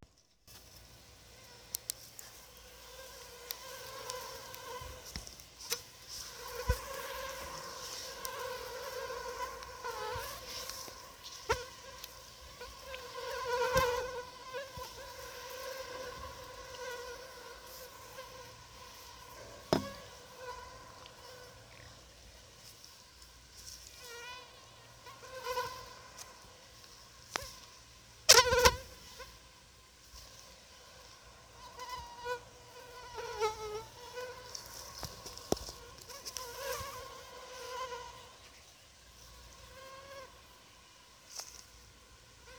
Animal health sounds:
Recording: mosquito flight sound by mobile phone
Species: Anopheles arabiensis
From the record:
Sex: female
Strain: Rufisque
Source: CDC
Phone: Sony Xperia

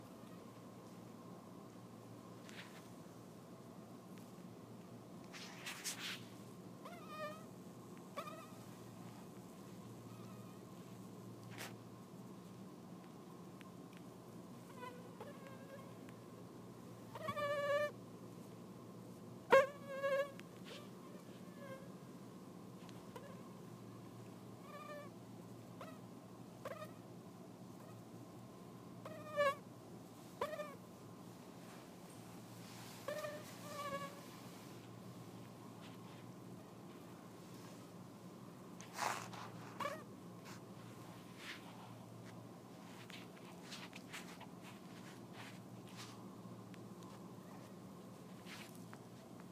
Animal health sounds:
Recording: mosquito flight sound by mobile phone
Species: Anopheles dirus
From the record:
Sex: female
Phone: iPhone 4S

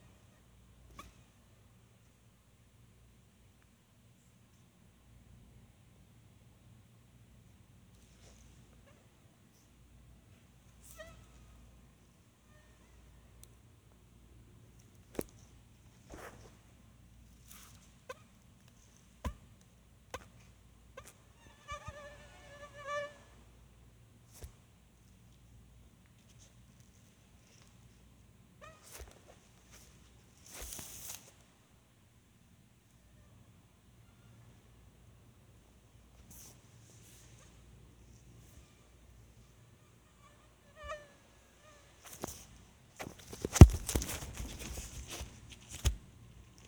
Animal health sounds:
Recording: mosquito flight sound by mobile phone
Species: Anopheles farauti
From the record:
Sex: female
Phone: Sony Xperia

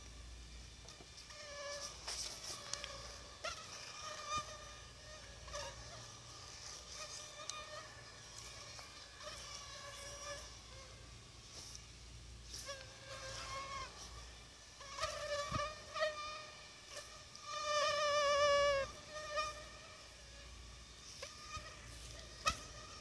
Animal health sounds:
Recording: mosquito flight sound by mobile phone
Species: Aedes aegypti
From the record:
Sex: female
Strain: 10130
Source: CDC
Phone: Sony Xperia

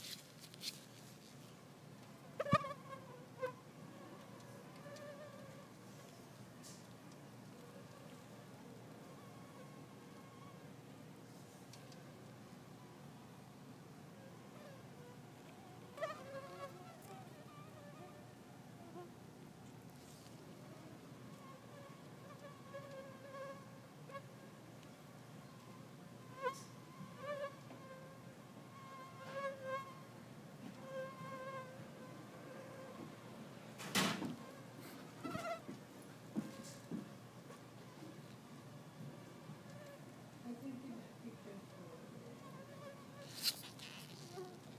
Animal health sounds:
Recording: mosquito flight sound by mobile phone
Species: Culex pipiens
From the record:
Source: SanMateoVCD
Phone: iPhone 4S

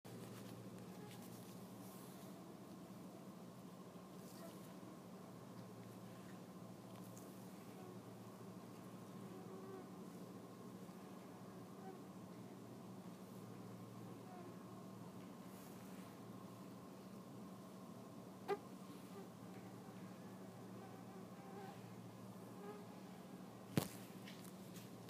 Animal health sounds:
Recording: mosquito flight sound by mobile phone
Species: Anopheles freeborni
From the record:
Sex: female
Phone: iPhone 6

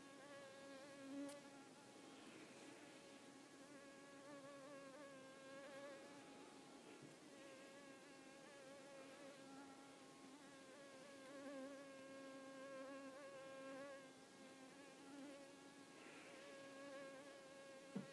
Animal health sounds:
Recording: mosquito flight sound by mobile phone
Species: Culiseta incidens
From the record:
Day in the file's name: 4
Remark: blood-fed, one hour after the blood meal

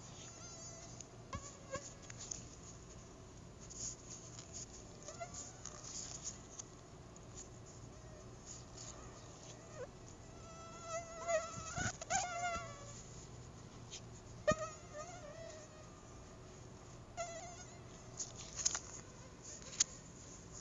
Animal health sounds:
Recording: mosquito flight sound by mobile phone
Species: Anopheles arabiensis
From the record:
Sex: female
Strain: Dongola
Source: CDC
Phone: Google Nexus

